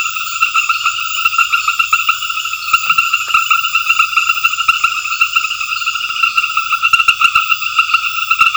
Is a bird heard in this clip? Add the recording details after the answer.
no. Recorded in secondary vegetation near Puerto Asís, Putumayo, Colombia, on 28 February 2025 at 21:30. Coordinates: 0.498, -76.327. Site G001